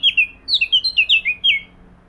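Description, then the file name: Eurasian blackcap phrase: a brisk burst of quick, loud whistled notes, most sliding downward, lasting under two seconds. "Sylvia atricapilla"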